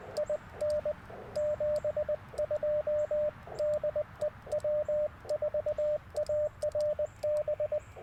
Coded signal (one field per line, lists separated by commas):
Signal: Morse code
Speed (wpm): 20 wpm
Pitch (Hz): 590 Hz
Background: radio noise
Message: IN 72 DE W4ARB